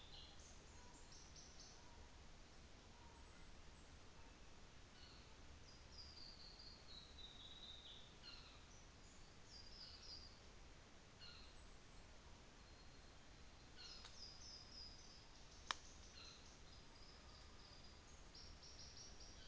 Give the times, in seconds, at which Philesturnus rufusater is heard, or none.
4.78-5.29, 8.05-8.78, 9.65-11.71, 13.50-14.22, 15.89-16.45